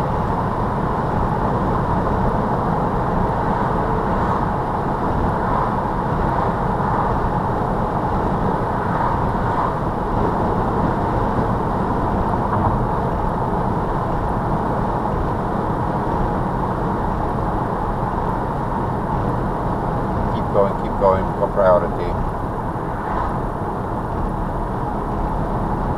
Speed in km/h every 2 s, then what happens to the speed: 84, 82, 82, 81, 79, 79, 77, 77, 77, 76, 76, 68, 69.
0-26 slows to 69.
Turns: none.